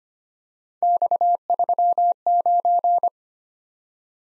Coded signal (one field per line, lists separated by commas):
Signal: Morse code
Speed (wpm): 29 wpm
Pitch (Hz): 700 Hz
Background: none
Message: X39